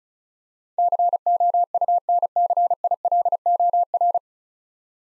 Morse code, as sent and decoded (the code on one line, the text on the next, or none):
-.-. --- ..- -. -.-. .. .-.. --- .-.
COUNCILOR